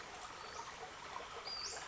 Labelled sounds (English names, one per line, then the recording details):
Western Flycatcher
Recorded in Sonoma County, California